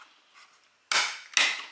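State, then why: Released. Plastic tabs on the bulb-holder assembly inside a Range Rover L322 tail light housing are squeezed, and the assembly, which holds all the LED bulbs, pops loose from the lamp body. After quiet handling noise, a loud sharp pop comes at 0.9 s, followed by a second sharp snap at 1.4 s. The bulb-holder assembly is released from the housing.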